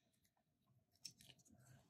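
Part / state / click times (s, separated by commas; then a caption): keycap on a mechanical keyboard switch / released / 1.1 s. A wire keycap puller is worked from one corner of a long plastic keycap to the other on a mechanical keyboard switch. After quiet scraping and handling noise, a sharp pop at 1.1 s marks the keycap lifting off the switch stem, followed by a couple of smaller clicks and rustling. The keycap is released from the switch.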